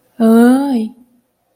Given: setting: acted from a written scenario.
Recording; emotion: vocal sound without words; fear